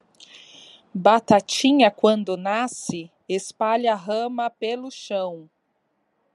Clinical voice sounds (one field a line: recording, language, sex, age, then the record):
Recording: short text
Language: Brazilian Portuguese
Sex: female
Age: 30 to 39 years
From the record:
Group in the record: control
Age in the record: 34 years